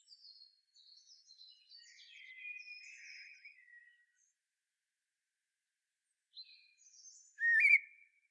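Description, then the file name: Common blackbird song: quiet, high scratchy twittering for several seconds, a pause, then a short loud rising whistled note near the end. "Turdus merula"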